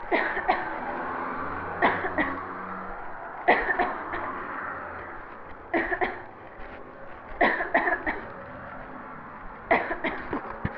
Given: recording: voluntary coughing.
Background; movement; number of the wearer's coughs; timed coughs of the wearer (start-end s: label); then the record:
traffic; walking; 14
0.10-0.47 s: cough
0.47-0.68 s: cough
1.80-2.09 s: cough
2.17-2.48 s: cough
3.45-3.77 s: cough
3.77-4.01 s: cough
4.04-4.34 s: cough
5.72-5.99 s: cough
5.99-6.25 s: cough
7.38-7.68 s: cough
7.72-7.99 s: cough
8.06-8.33 s: cough
9.68-10.02 s: cough
10.02-10.31 s: cough
From the record:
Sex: female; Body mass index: 18.3 kg/m2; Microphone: on the chest, facing the body